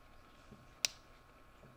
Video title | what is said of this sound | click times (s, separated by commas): Pokemon Mega Bloks | so the head we just snap in place like this | 0.9 s